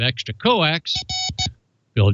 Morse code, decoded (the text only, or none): none